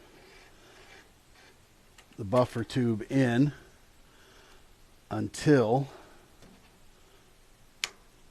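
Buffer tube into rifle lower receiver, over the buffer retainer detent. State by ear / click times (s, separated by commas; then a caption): seated / 7.8 s. A metal buffer tube is screwed into a rifle lower receiver while the buffer retainer detent is held down, and someone talks. At 7.8 s the spring-loaded detent snaps up into place with a single sharp click as the tube passes over it, seating the buffer tube.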